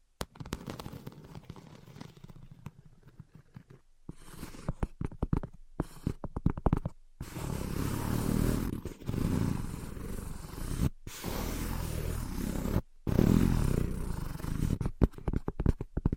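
Invisible tapping and scratching: a soft, rapid clicking for the first few seconds, then sharper scattered taps around five to seven seconds. From about seven seconds on, a louder, dense rough scratching runs steadily, broken by brief silences near eleven and thirteen seconds.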